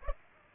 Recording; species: mosquito wingbeat signal from an infrared sensor; Aedes aegypti